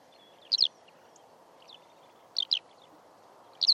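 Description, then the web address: Eurasian skylark calling with brief, rippling two-part chirps in three clear bursts, with faint softer notes between them over steady low noise. "Deverinetal"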